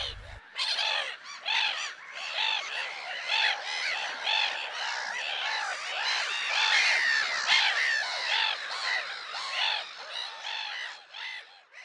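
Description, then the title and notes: Black-headed Gulls in a noisy flock, a continuous jumble of rasping, laughing squawks from many birds at once, swelling and easing throughout. "Viikon luontoääni: Naurulokki"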